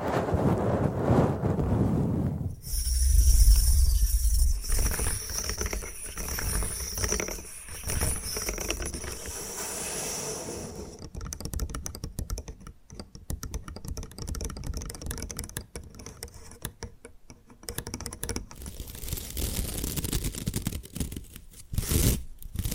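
Bamboo being tapped, scratched and brushed, with dense clattering and rubbing that changes texture throughout. A low rumble opens the first few seconds, then a bright whistling tone rings for several seconds before giving way to sparser, uneven scraping and tapping.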